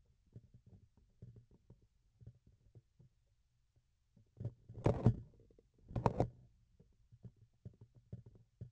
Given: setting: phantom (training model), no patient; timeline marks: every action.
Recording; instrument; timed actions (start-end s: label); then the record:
laparoscopic instrument, vibration sensor on the handle end; grasping forceps
4.64-5.27 s: forceps opening
5.83-6.52 s: forceps closing
From the record:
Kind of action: tool actuation without material contact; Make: other than Olympus